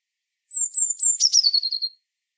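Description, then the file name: Eurasian blue tit gives a sharp, high sibilant series stepping downward into a rapid trill, lasting about one and a half seconds. "Cyanistes caeruleus"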